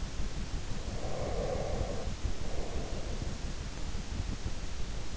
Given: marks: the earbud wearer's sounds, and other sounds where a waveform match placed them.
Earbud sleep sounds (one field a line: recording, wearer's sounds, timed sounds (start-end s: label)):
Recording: sounds in sleep by an in-ear microphone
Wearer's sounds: breath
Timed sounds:
0.42-3.51 s: breath